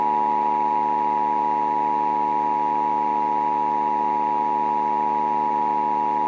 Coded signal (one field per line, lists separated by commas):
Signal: Emergency Alert System (SAME) tones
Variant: 853 and 960 Hz attention tone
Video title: The Uprising Pt. 2 (EAS Scenario)